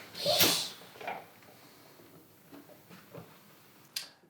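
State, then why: Not seated. A tubeless bicycle tire is pulled tight to the rim and pumped hard to try to pop its bead into its seat. A loud broadband rush of air peaks around 0.4 s, followed by softer bursts near 1.1 s and faint knocks, then a sharp transient at 4.0 s. The bead does not seat, and nothing has clicked into place.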